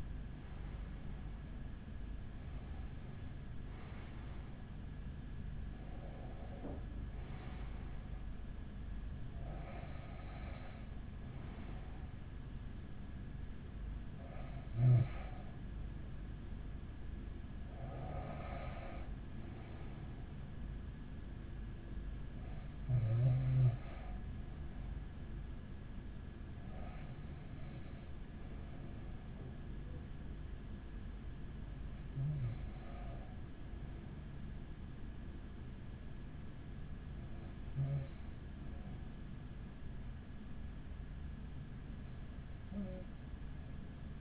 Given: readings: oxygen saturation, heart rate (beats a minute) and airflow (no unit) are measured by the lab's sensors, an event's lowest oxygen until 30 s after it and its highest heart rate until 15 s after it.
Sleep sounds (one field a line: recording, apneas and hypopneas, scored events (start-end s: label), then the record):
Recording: breathing in sleep by a smartphone at the bedside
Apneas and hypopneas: none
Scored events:
none scored
From the record:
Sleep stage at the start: N1 (lightest sleep)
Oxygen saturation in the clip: 94 to 96%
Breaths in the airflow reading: 11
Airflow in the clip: -8.3 to 8.5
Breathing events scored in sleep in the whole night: 207 in 7.6 hours asleep